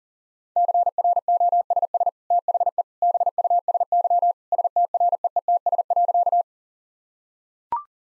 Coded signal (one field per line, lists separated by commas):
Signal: Morse code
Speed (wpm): 40 wpm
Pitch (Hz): 700 Hz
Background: none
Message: CROSS THE BUSY STREETS.